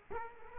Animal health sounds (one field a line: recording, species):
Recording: mosquito wingbeat signal from an infrared sensor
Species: Culex quinquefasciatus